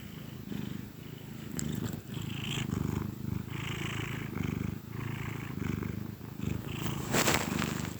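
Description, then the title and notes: Domestic cat purring in low rumbling bursts that swell and fade repeatedly, with a brief noise burst near the end. Contented cat purring gently. "Cat Cafe Purr-Finale. the gentle purrs of a contented cat"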